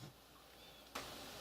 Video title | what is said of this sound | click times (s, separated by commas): Lego Educator Robot Driving Base Verbal Construction (Part 3 of 4) | give it a good push until you'll hear a snap when everything snaps together and now | 1.0 s